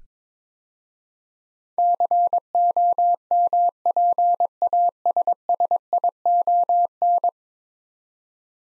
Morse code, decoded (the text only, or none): COMPASSION